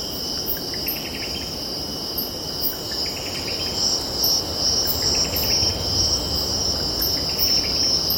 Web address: birds calling and cicadas stridulating distant ocean in background